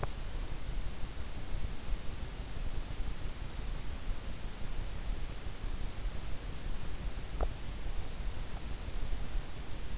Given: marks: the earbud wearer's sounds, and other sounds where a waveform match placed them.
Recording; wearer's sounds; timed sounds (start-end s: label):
sounds in sleep by an in-ear microphone; swallowing
7.35-7.50 s: swallowing